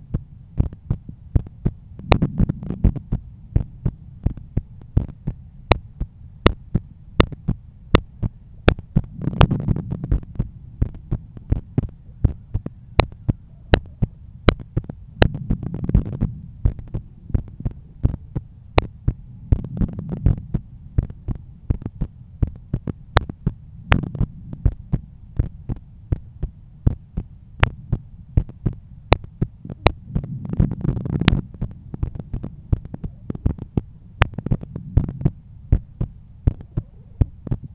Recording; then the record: heart sounds by stethoscope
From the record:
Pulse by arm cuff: 82 bpm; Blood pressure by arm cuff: 129/85 mmHg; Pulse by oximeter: 85 bpm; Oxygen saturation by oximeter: 98%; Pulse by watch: 85 bpm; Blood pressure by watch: 126/80 mmHg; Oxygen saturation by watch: 96%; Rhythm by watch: sinus rhythm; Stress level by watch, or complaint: low stress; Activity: after 5 min smoking and 1 beer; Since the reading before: plus 4300 steps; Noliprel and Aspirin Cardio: after pills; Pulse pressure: 44 mmHg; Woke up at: 7:50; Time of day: 21:45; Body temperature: 36.5 C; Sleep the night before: 7 h 52 min, score 75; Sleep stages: REM 24%, light 55%, deep 12%, awake 9%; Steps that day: 9500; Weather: clear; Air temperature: 17.3 C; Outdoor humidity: 73%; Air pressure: 1013 hPa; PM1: 5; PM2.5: 9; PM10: 10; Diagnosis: hypertension, treated with Noliprel and Aspirin Cardio 100 mg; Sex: male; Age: 53 years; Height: 174 cm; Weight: 81 kg